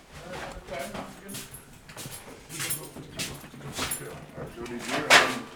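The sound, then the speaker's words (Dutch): A loose dog in Amsterdam gives a few short, sharp barks and whimpers at irregular intervals, mixed with people talking and some clattering in the background. “dat is die hond die wel eens te horen is in de uitzendingen van PSJN”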